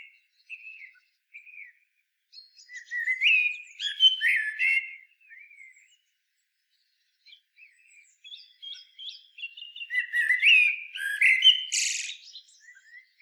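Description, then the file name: Common blackbird song: soft low whistles building into a loud warbled phrase with a squeaky flourish, repeated after a pause. "Turdus merula"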